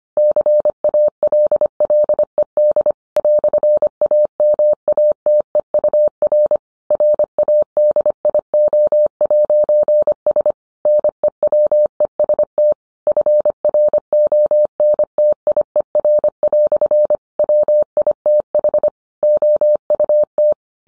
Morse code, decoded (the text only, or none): CALLED "AMATEUR RADIO'S NEWEST FRONTIER" WITHOUT